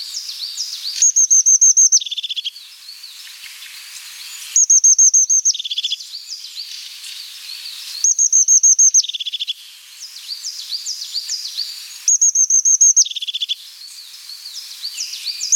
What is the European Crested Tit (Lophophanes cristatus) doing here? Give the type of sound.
song